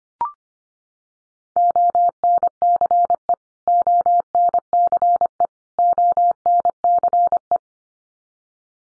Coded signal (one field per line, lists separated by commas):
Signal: Morse code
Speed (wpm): 25 wpm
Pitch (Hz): 700 Hz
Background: none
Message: ONCE ONCE ONCE